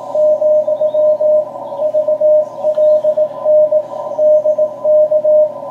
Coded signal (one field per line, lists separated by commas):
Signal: Morse code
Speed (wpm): 18 wpm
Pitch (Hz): 630 Hz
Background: radio noise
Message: , VLN DK